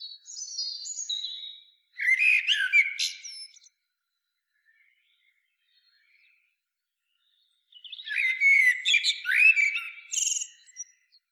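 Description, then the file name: Common blackbird delivers two warbling phrases separated by a pause, low rich whistles blending into high squeaky flourishes. "Turdus merula"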